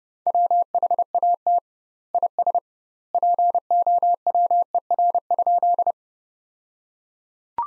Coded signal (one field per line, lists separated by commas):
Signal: Morse code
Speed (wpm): 29 wpm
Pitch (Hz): 700 Hz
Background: none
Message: WHAT IS POWER?